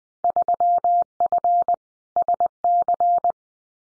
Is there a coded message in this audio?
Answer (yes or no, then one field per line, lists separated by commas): yes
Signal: Morse code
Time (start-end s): 0.2-3.3 s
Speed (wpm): 20 wpm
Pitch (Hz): 700 Hz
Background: none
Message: 3F SC